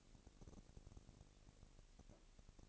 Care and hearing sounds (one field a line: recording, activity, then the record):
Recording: daily activity, microphone in the room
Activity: no activity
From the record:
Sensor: 4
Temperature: 22.5 degrees Celsius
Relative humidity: 33.4%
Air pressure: 999.7 hPa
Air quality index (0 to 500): 231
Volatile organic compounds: 21 ppm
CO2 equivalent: 2707 ppm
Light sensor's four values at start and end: 2/3/1/1 and 2/3/1/1